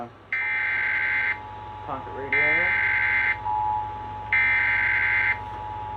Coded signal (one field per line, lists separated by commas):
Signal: Emergency Alert System (SAME) tones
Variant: header bursts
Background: speech